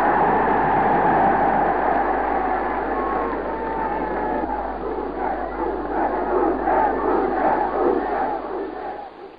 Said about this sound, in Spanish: Increíble. Aplaudir y celebrar una declaración de guerra.